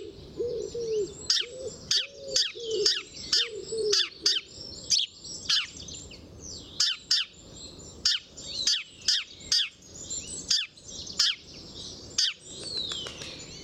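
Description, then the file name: House sparrow calling in a long series of sharp chirps, roughly one per second, with brief dove coos at the start and faint bird chatter. "Passer domesticus"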